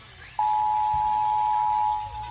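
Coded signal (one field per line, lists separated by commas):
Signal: Emergency Alert System (SAME) tones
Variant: 853 and 960 Hz attention tone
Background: music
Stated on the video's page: Tornado drill tests.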